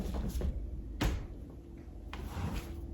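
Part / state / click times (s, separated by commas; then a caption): diaper changing station clamp onto playard side bar / not seated / none. A diaper changing station clamp is pressed lightly by hand onto the padded side bar of a Merritt Portable Playard, giving knocks at about 1.0 s and 2.1 s. Nothing snaps or clicks into place; the clamp fails to seat, blamed on the foam cushioning around the bar.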